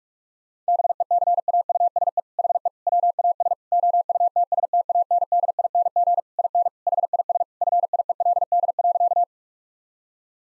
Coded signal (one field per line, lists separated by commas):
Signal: Morse code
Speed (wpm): 46 wpm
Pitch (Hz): 700 Hz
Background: none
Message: BECAUSE HE WAS OUTSTANDING IN HIS FIELD.